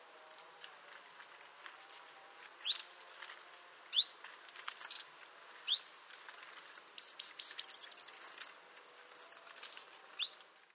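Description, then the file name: Long-tailed tit calling with sharp, high tsip notes scattered at first, then a longer run of thin, high trilled calls falling slightly in pitch. Nominate subspecies caudatus. "Ilgauodegė zylė - Long-tailed Tit - Aegithalos caudatus caudatus"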